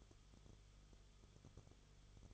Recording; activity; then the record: daily activity, microphone in the room; no activity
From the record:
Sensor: 4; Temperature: 22.9 degrees Celsius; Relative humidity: 34.5%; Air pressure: 1011.5 hPa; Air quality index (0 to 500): 193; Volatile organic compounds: 13 ppm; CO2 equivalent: 2389 ppm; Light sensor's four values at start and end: 2/3/1/1 and 2/3/1/1